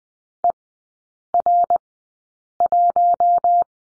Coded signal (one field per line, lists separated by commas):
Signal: Morse code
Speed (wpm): 20 wpm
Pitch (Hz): 700 Hz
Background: none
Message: ER1